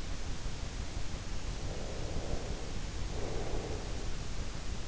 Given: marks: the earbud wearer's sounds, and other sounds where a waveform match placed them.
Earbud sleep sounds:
sounds in sleep by an in-ear microphone; breath
1.41-4.53 s: breath

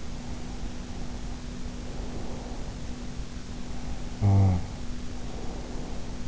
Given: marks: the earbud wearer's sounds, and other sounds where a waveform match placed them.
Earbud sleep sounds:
sounds in sleep by an in-ear microphone; breath, snoring breath
0.02-3.08 s: breath
3.56-6.27 s: snoring breath

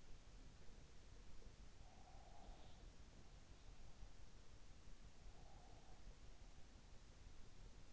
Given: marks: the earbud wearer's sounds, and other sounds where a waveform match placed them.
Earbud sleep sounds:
sounds in sleep by an in-ear microphone; breath
1.67-3.07 s: breath
5.04-6.19 s: breath

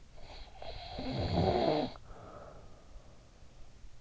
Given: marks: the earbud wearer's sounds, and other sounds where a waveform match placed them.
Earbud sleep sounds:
sounds in sleep by an in-ear microphone; snoring breath
0.11-3.00 s: snoring breath

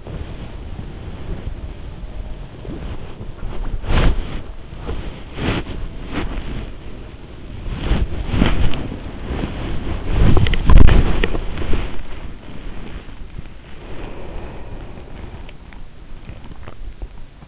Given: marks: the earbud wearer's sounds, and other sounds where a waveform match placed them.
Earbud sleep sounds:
sounds in sleep by an in-ear microphone; body movement
0.00-17.48 s: body movement

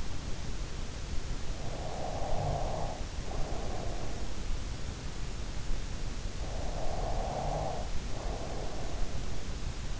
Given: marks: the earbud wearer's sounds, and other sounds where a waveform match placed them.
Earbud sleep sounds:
sounds in sleep by an in-ear microphone; snoring breath
1.64-4.91 s: snoring breath
6.42-10.00 s: snoring breath

